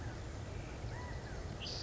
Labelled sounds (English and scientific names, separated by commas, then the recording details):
California Quail (Callipepla californica)
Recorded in Sonoma County, California